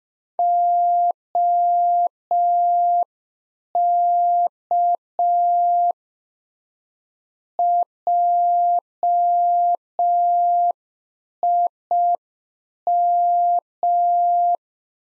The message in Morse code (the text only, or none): OK JIM